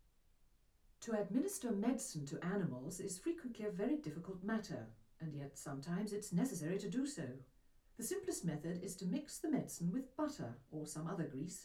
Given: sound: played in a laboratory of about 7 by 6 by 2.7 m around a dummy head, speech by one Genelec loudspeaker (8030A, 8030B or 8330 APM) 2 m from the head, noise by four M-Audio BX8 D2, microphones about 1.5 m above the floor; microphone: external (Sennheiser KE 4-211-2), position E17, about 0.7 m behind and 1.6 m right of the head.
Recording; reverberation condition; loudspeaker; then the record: female speech in English; low; 30 degrees to the left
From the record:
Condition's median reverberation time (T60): about 310 ms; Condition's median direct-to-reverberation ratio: about 3.5 dB